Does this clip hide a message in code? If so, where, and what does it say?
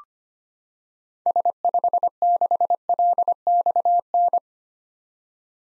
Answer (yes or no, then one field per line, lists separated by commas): yes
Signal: Morse code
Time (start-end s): 1.3-4.4 s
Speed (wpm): 25 wpm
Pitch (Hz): 700 Hz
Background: none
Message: S56LXN